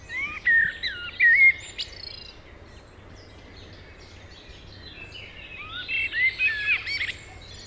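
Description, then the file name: Common blackbird phrases at the start and end, mellow sliding whistles mixed with high chattering twitters, separated by a quiet pause with low background hiss. "Turdus merula"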